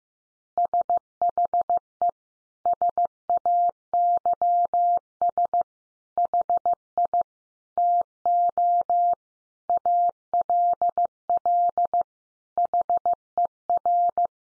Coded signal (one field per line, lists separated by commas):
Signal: Morse code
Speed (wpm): 15 wpm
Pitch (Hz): 700 Hz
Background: none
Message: SHE SAYS HI TO ALL HER